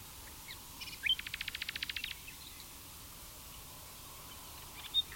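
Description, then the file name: Common nightingale song: a few soft notes, then a rapid pulsing series of about a dozen identical notes, followed by quiet with an isolated chip. "Luscinia megarhynchos"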